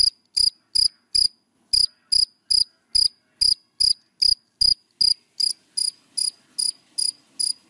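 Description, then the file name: Cricket producing steady shrill chirps, about two and a half per second, with a short break early on and faint background hiss later. Crickets calling, given by the Vietnamese names dế mèn, dế cơm and dế than. "Tieng de men de com de than keu"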